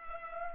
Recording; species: mosquito wingbeat signal from an infrared sensor; Culex pipiens